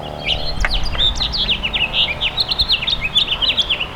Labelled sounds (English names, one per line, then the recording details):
House Finch song
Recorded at Babylon on Long Island, New York, on 18 May 2013
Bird G